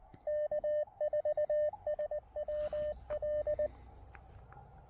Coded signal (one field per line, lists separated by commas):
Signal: Morse code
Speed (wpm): 20 wpm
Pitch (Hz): 590 Hz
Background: radio noise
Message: K4SWL